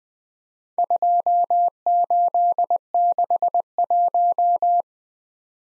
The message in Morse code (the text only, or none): 2861